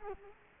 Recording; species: mosquito wingbeat signal from an infrared sensor; Culex quinquefasciatus